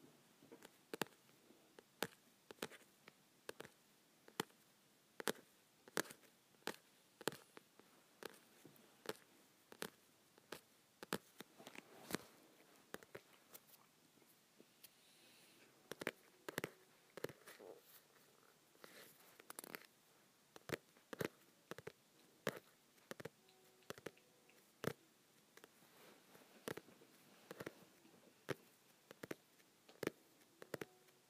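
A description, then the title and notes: Fingers tap on softcover books in sharp, dry knocks that come every half second or so, sometimes in quick clusters. A quieter stretch of light rustling falls around the middle before the tapping picks up again. Faint scratchy handling sounds fill the gaps. Tapping my Softcover Books.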